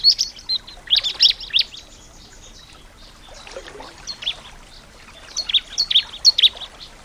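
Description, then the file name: Bar-winged prinia song: two bursts of quick, high, sharp chirps separated by a quieter gap with faint softer notes. Nature-therapy sound for a ciblek that has stopped singing (macet). "terapi alam ciblek macet"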